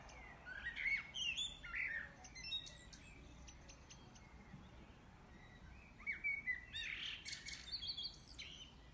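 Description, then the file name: Common blackbird song: two short fluted, warbling phrases early on, then a longer burst of squeaky, high twittering after a pause, over a faint steady background hiss. "Amselgesang"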